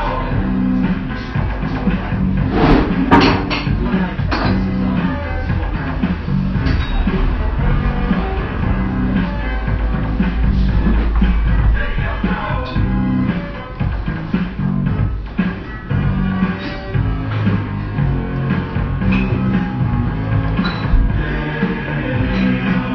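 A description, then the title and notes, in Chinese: A Melbourne café hums with a dense, steady murmur of overlapping conversation, low rumbling undertones, and occasional sharp clinks of cups and dishes throughout. BBB这一家墨尔本咖啡馆。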